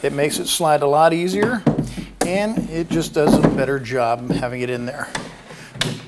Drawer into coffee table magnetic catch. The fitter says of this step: push it through you hear that click well that's those magnets catching onto the drawer here it is